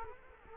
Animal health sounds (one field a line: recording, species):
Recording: mosquito wingbeat signal from an infrared sensor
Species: Culex quinquefasciatus